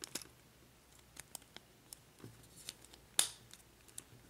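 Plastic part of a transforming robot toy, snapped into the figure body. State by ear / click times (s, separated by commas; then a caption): seated / 3.2 s. A plastic part of a transforming plastic action figure is fitted together and snapped into the figure body during its transformation. Several small plastic ticks and clicks come first, then a sharp, loud snap at 3.2 s as the part seats into place.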